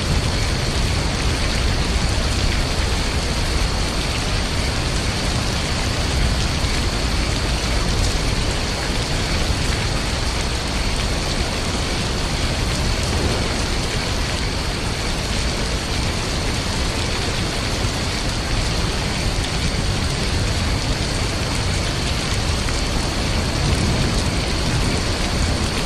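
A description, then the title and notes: Gentle raindrops fall in a steady, dense patter that barely changes across the whole stretch. A thin, constant high tone runs through it like crickets, and a low rumble sits underneath throughout, with no distinct thunderclaps standing out. Soothing Thunderstorms & Crickets. Gentle raindrops, distant thunder, and the soothing chirps of crickets.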